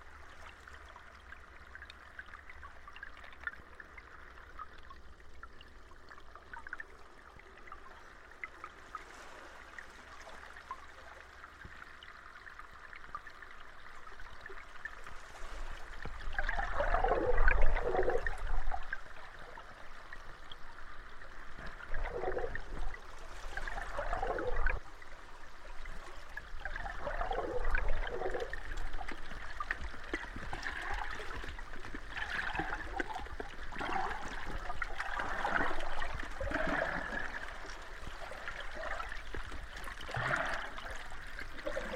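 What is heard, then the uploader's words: Water from the East Australian Current washes and gurgles, faint at first, then building after fifteen seconds into repeated surging swells. The tranquil waters and soothing sounds of the East Australian Current.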